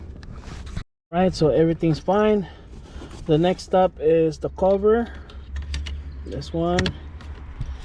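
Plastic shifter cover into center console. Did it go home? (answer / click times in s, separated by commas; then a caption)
no / none. Someone talks while handling the plastic shifter trim cover on a 2012–2020 Mitsubishi Mirage, lining it up to go back into the center console during a repair for a shifter stuck in Park. Light taps and rustles of handling are heard around 0.2–0.4 s and 5.3–5.9 s, with a low steady hum underneath. The cover has not seated or clicked into place yet.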